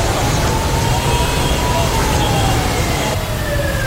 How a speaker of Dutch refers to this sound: We horen sirenes in Hanoi. En dat waren de sirenes van de delegaties van de beide leiders.